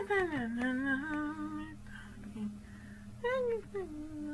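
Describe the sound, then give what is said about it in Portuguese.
A voice imitates music fading out with drawn-out, wavering sung tones that slide up and down in pitch, a few whiny, almost meow-like phrases separated by brief pauses. “Estou a falar como se estivesse a baixar a música.”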